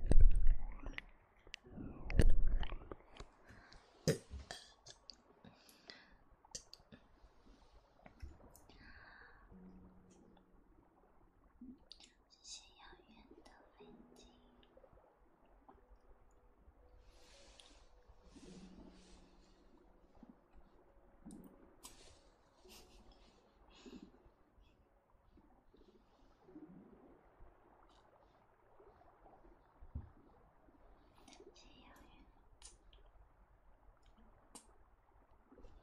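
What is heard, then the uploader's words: Hand movements rub and tap near the ears, with two loud thumps at the start, then soft scattered clicks and squishy rustles. Eat ears~Hand movements and ear massage.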